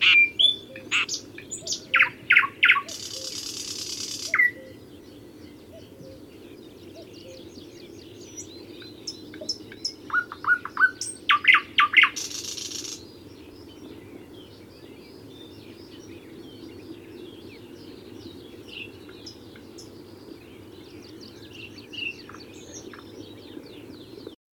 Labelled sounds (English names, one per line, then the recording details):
Red-backed Shrike call
Thrush Nightingale call
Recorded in the wild
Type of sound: call
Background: Luscinia luscinia
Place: Blankensee, Mecklenburg-Vorpommern, DE
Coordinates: 53.404, 13.221
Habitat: Lake
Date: 1982-05-26
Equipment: Nagra III BH, Sennheiser MD 21, parabola
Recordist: Schubert, Michael
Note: Rufe Neuntöter, sehr dicht auch Sprosser